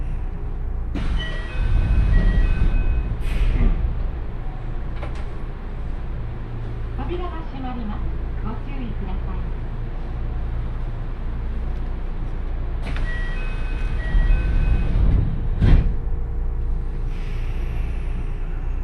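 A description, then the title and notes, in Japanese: Steady low rumble from inside a train fills the recording. Louder rattling stretches with a thin, high whine come near the start and again around 13 to 16 seconds, and a voice speaks briefly in the quieter middle. 鉄道旅 汐見橋→岸里玉出→なんば→大物。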